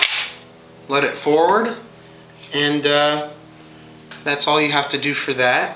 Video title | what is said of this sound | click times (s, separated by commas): Yugo M59/66a1 SKS Field Strip | until you hear a click | 0.0 s